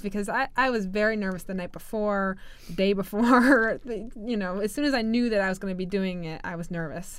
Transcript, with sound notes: Because I, I was very nervous the night before, the day before, (she laughs) you know, as soon as I knew that I was going to be doing it I was nervous.